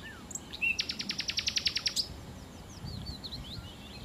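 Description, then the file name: Common nightingale song with a fast, even series of about a dozen sharp, clicking notes, followed by faint chirps. "Nachtigall"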